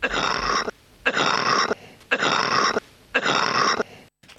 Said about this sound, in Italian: Oh, proprio un tossone. Questa proprio sì, questa è una tosse così che si preoccupante perlomeno. Si sentono addirittura dei rantoli all'interno di questa tosse, quindi fa pensare ad una brutta bronchite